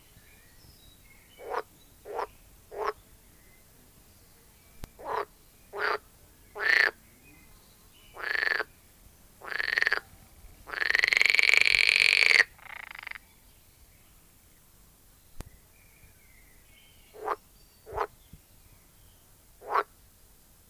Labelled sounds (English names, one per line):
Edible Frog